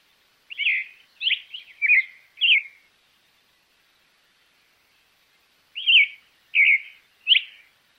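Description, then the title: Creamy-bellied thrush singing two short bursts of rich, varied warbled phrases separated by a few seconds of silence. "ZORZAL CHALCHALERO"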